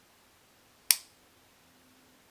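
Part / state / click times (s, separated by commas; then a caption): spring-loaded trigger of an out-the-front knife / seated / 0.9 s. The spring-loaded sliding trigger of a small out-the-front knife, a Microtech UTX-70, is worked and released, and it snaps back into its rest position with one sharp, loud snap at 0.9 s. The snap is bright and broadband and decays within about a tenth of a second. Otherwise the clip is quiet apart from a faint low hum.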